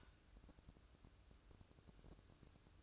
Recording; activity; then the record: daily activity, microphone in the room; take from stove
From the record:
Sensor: 2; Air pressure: 1007.8 hPa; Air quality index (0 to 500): 100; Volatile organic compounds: 1 ppm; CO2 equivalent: 757 ppm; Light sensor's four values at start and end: 7/15/6/6 and 7/15/6/6